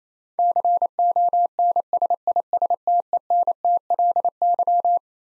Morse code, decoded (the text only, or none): CONSISTENTLY